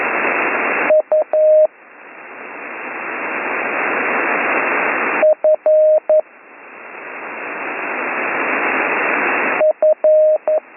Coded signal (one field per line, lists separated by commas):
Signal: Morse code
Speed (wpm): 11 wpm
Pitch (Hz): 620 Hz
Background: radio noise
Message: U F F